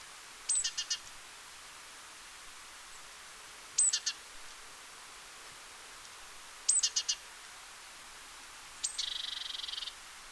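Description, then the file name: Great tit calls: a thin high note then a quick run of buzzy notes, repeated about every three seconds, the last ending in a longer harsh churr. "Parus major"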